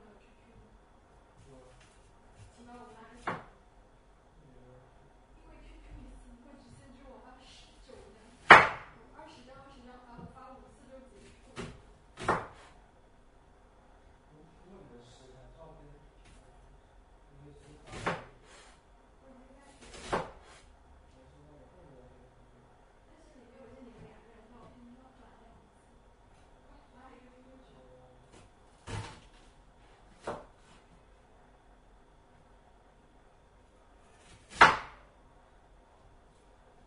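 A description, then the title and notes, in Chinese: Vegetables are being prepared, with sharp, isolated knocks like a knife or utensils striking a board, coming irregularly every few seconds; the loudest land near 8 and 35 seconds. Between them, quiet voices murmur faintly over a low steady hum. 洗菜切菜，准备做鲍鱼捞饭。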